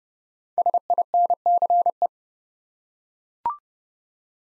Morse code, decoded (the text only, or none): SINCE